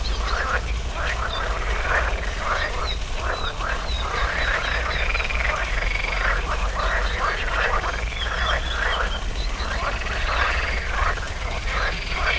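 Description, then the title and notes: Frogs croaking in a dense chorus, many overlapping pulsed calls repeated rapidly throughout, with a steady low background rumble. Frogs in a small pond at the Orto Botanico botanical garden, Bologna, Italy, 5 July 2018; croaking noted on spring mornings. "05.07.18 Rane allOrto Botanico. There is also a small pond populated with frogs croaking on spring mornings. Recorded for the Zona U sound mapping project"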